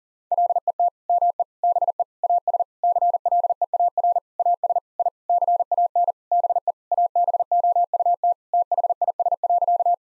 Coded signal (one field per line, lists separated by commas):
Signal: Morse code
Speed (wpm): 40 wpm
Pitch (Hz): 700 Hz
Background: none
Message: LET ME BE AS CLEAR AS I CAN BE ABOUT THIS.